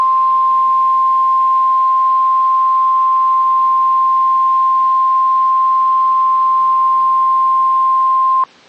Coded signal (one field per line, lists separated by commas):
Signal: Emergency Alert System (SAME) tones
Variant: 1050 Hz attention tone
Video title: A REAL PAIN OF EVENTS... (1) || EAS Alerts from 07-28-26 (EAS #262-288)